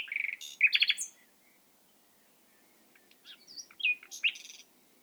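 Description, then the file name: Common nightingale phrase: a burst of loud chattering notes, about two seconds of quiet, then a second, more varied series of whistles and sharp notes. "Luscinia megarhynchos"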